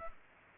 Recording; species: mosquito wingbeat signal from an infrared sensor; Culex pipiens